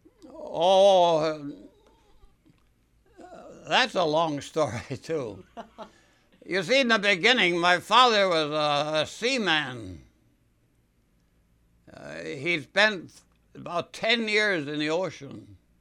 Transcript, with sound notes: Oh, that's a long story, too. (laughs) You see, in the beginning my father was a, a seaman. He spent about ten years in the ocean